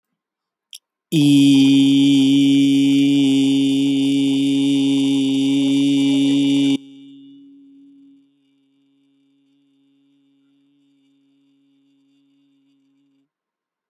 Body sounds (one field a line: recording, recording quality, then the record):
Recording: sustained vowel as in beet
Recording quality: excellent, no background noise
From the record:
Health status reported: healthy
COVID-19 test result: negative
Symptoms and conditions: none ticked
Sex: male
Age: 26 years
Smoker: not ticked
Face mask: not worn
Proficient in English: yes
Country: India